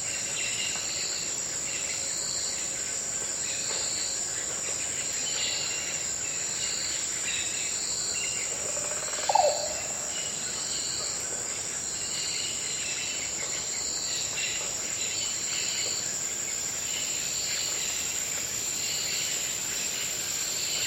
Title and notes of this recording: Amazon Rainforest - Ravine - Afternoon - Thick Ambience With Oropendola. Thick insect chorus and noisy parrot calls are punctuated by the unmistakable call of one of the Oropendolas